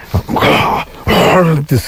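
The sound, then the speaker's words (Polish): A man imitates the terrifying roar of a bear that attacked him: two loud, rough, growling bursts, each under a second long with a short gap between, harsh and throaty with a wavering pitch. “To był przerażający ryk tego zwierzęcia.”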